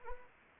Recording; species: mosquito wingbeat signal from an infrared sensor; Anopheles arabiensis